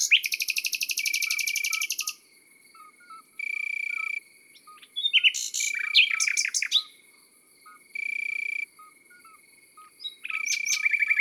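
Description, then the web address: Common nightingale song: a fast pulsed rattle, then sharp sweeps and rapid clicks. Steady buzzing bursts of about a second repeat between phrases, with soft short chirps underneath. Countryside setting. "Rossignol philomele Chants doiseaux dans la campagne. album chants-doiseaux-dans-la-campagne"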